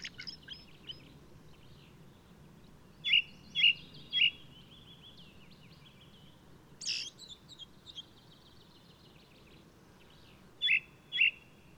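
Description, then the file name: Ring ouzel song: three loud piping notes, a scratchy twittered flourish, then two more clear notes after a pause. Singing male of the alpine subspecies alpestris, recorded 22 May 2018 at Důl Bílého Labe in the Krkonoše mountains, Czech Republic. "180522 BIO rouz-alpestris-1-M-S cz dul-bileho-labe"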